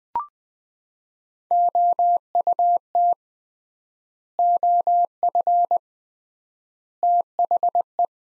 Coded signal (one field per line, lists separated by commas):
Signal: Morse code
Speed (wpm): 20 wpm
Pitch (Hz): 700 Hz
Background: none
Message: OUT OF THE